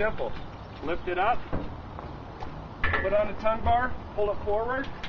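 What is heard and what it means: Someone talks while a boat trailer tongue is lifted, set onto a Tung-Bar elevated metal tongue stand bar, and pulled forward so it will lock in place. Brief knocks and clatter are heard at about 2.0, 2.4 and 2.8 seconds during the handling. The clip ends before the tongue locks, so nothing has seated or clicked yet.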